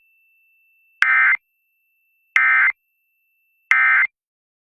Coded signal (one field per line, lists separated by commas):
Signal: Emergency Alert System (SAME) tones